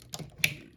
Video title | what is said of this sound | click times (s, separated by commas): MASTERPIECE ULTRA 04 [SUN STORM 2.0]: FINCH REVIEWS | just like this so that it kind of snaps into place. | 0.4 s